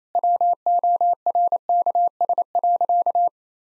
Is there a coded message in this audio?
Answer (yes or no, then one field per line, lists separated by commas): yes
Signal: Morse code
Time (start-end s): 0.2-3.3 s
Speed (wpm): 27 wpm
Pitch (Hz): 700 Hz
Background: none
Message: WORKS.